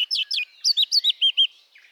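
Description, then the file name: Eurasian blackcap sings a brief run of rich whistled notes, a few quick slurs followed by several looping whistles. "Sylvia atricapilla"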